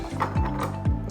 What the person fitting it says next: so you can hear the click again